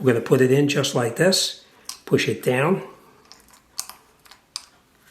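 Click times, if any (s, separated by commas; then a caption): 4.6 s. A coin cell battery is placed positive side down into a plastic key fob battery holder while someone talks. After a few small clicks and taps, it is pushed down and snaps into place with a sharp click at 4.6 s, seating fully in the holder.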